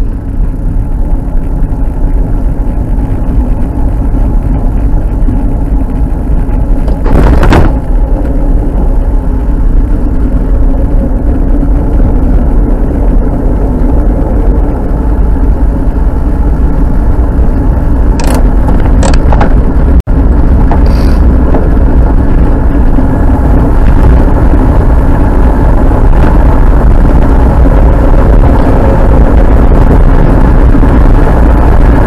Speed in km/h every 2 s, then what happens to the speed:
12, 15, 16, 17, 19, 17, 17, 23, 28, 32, 36, 38, 39, 44, 45, 45.
0-13 steady at about 17. 13-27 speeds up to 45.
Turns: 6-15.